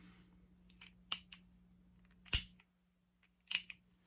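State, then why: Seated. A single action revolver's hammer is drawn back through half cock, the cylinder stop locking into its notch and full cock. Three sharp metallic clicks sound at 1.1, 2.3 and 3.6 seconds, each followed by a fainter tick. The hammer ends latched at full cock.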